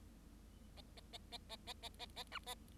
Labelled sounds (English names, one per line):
Bengalese Finch song